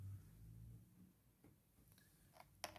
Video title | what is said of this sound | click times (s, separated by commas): Dell G7 7588 Upgrade Memory | Ele faz um clique e tá encaixado. | 2.6 s